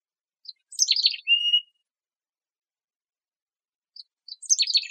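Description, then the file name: Mountain chickadee giving two chick-a-dee calls, each a quick cluster of high scratchy notes; the first ends in a level drawn-out note, with quiet between them. Recorded in Arizona on 6 August 2004. "MOCH 1 B Deviche"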